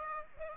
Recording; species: mosquito wingbeat signal from an infrared sensor; Aedes aegypti